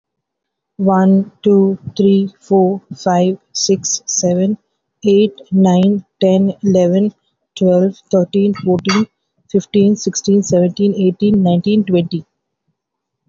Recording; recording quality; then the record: counting at a normal pace; excellent, no background noise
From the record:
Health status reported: healthy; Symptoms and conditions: hypertension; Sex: female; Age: 47 years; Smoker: not ticked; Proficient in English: yes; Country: India